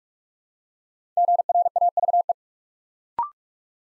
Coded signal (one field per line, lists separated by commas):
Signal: Morse code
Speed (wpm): 44 wpm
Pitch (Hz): 700 Hz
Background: none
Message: GRAVE